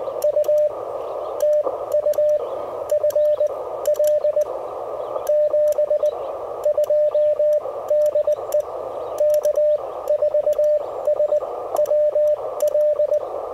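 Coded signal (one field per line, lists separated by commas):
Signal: Morse code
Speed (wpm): 20 wpm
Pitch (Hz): 600 Hz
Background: radio noise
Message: U TU FL 72 DE K4SWL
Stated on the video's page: Morse from a park activation on a Mission RGO One transceiver with end-fed antenna, keyed with a Begali Traveler paddle.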